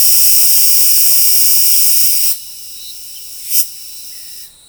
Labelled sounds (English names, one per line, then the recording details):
none
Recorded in forest near Pivijay, Magdalena, Colombia, on 15 April 2023 at 09:30
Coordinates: 10.467, -74.380
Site Z5-G034